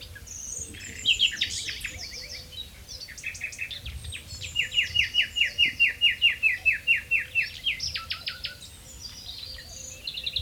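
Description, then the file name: Common nightingale singing varied phrases that build into a loud, evenly repeated series of rich notes, then taper to scattered high whistles. "Luscinia megarhynchos"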